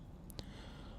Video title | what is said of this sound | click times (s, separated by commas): insta360 Go Ultra Cage Set Up | And then you can hear a nice click as it closes. | 0.3 s, 0.4 s